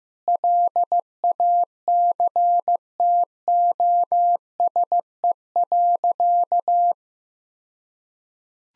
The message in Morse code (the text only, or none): LACTOSE.